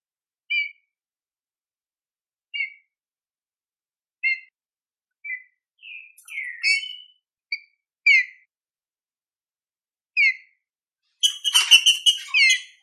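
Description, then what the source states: Green-winged saltator song: short clear whistled notes repeated about every two seconds, growing into longer slurred phrases, then a busy stretch of rapid overlapping notes. Classic song style (canto clássico), used for training birds.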